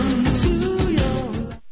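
Paired low thumps repeat about every half second, near 110 a minute, under a steady hum: a heartbeat.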